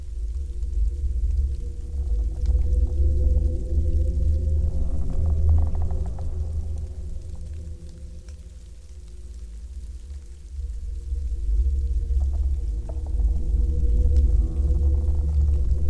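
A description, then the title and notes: Wind howls through a winter forest as a deep, constant roar, with low groaning tones from straining trees layered underneath. The roar eases slightly around the middle, then builds again. Faint creaks and ticks surface near five seconds and again toward the end. Dark winter forest ambience. Deep in a dark winter forest surrounded by tall trees, the naked branches extend like creepy hands against the falling snowflakes. You can hear sound of howling wind, creaking groaning trees.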